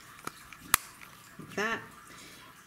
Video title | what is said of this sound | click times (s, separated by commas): GoodBoy Anti-Bark Collar | just kind of clicks into place there's just these four sides to it and then the four hold there they just pop right in that | 0.3 s, 0.5 s, 0.7 s, 1.0 s